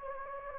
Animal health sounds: mosquito wingbeat signal from an infrared sensor; Anopheles gambiae

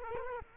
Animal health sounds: mosquito wingbeat signal from an infrared sensor; Culex quinquefasciatus

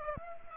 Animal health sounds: mosquito wingbeat signal from an infrared sensor; Aedes aegypti

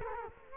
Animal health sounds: mosquito wingbeat signal from an infrared sensor; Culex quinquefasciatus

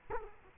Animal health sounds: mosquito wingbeat signal from an infrared sensor; Culex quinquefasciatus

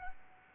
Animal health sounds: mosquito wingbeat signal from an infrared sensor; Aedes albopictus

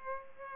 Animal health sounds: mosquito wingbeat signal from an infrared sensor; Culex pipiens

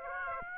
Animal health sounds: mosquito wingbeat signal from an infrared sensor; Aedes aegypti

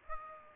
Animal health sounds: mosquito wingbeat signal from an infrared sensor; Aedes aegypti

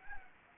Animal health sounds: mosquito wingbeat signal from an infrared sensor; Anopheles gambiae

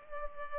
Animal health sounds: mosquito wingbeat signal from an infrared sensor; Culex pipiens

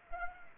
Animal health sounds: mosquito wingbeat signal from an infrared sensor; Anopheles arabiensis

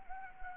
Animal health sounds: mosquito wingbeat signal from an infrared sensor; Anopheles gambiae

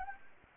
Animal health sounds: mosquito wingbeat signal from an infrared sensor; Anopheles gambiae

